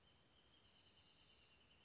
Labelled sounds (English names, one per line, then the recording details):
Wrentit
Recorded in Sonoma County, California